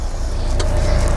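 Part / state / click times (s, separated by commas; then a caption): third-row seat back latching into the floor/seat mount of an SUV / not seated / none. The third-row seat back of a 2018 Mitsubishi Pajero Sport QE Exceed SUV is unfolded and pulled up into position against its floor/seat mount, over a steady low rumble with a brief sharp sound around 0.6 s. The seat latch does not engage: nothing has seated or clicked yet, and the seat fails to lock into place.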